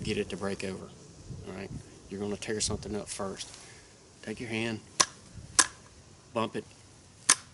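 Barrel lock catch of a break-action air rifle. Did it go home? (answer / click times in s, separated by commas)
released / 7.3 s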